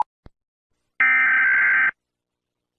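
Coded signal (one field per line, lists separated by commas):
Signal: Emergency Alert System (SAME) tones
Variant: header bursts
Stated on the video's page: Fictional EAS scenario depicting a national lockdown, not a real alert.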